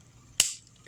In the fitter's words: go oo I just don't like how it snaps in place and there is his vehicle mode